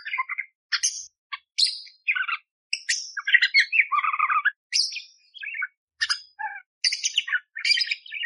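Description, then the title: Budgerigar warbling steadily, a varied stream of squeaks, rasping buzzes and whistled chirps with very short gaps. Budgerigar training (masteran) recording, one hour long, vigorous (gacor) and clear, full of rough 'tembakan' fill-in phrases, suited for training oriental magpie-robins (kacer). "Masteran Burung Parkit Gacor Jernih Full Isian Tembakan Kasar Cocok Buat Kacer"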